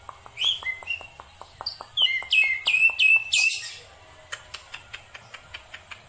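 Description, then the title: Black-winged myna song, a quick series of slurred whistles over steady ticking clicks, broken by one loud harsh burst. Songbird singing densely with many variations, used as tutor song for training other songbirds. "Kicauan Rapat Jalak Putih Gacor Banyak Variasi Untuk Masteran"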